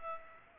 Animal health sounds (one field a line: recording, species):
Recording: mosquito wingbeat signal from an infrared sensor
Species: Aedes aegypti